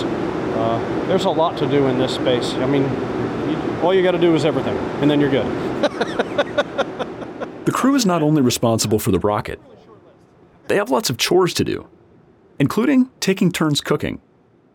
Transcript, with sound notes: There’s a lot to do in this space. I mean, all you got to do is everything and then you’re good. (laughs)
The crew is not only responsible for the rocket. They have lots of chores to do, including taking turns cooking.